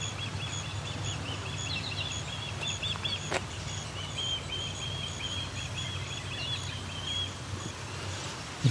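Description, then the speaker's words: Osprey calling, strings of high whistled chirps coming in short clusters against low, constant background rumble. Calling non-stop, possibly a young bird; two ospreys present, one over a nest, one on a tall dead tree; Claude Dubrick Trailway, Kaufman Flats, Grand River Trail, Waterloo, Ontario. "This osprey is non-stop calling. This might be a young one."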